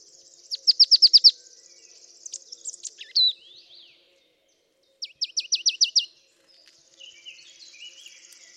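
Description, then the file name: Marsh tit: two quick runs of several sharp, high, identical notes, with a few slurred notes in between and a faint high hiss behind. "Poecile palustris"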